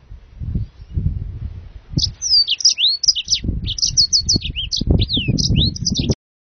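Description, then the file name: Yellow-fronted canary singing a long, continuous run of high, bright, varied twittering and slurred notes, with low rumbling noise beneath. "serinus mozambicus"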